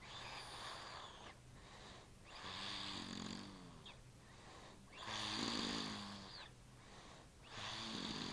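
Snoring in an adult sleeper: three loud, rough breathing cycles recur roughly every two and a half seconds, each with a low rattling, buzzing vibration on the breath and quieter airy gaps between. Ordinary snoring, produced by soft tissue of the upper airway vibrating during sleep.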